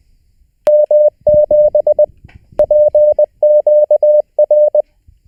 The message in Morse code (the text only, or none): M7PQR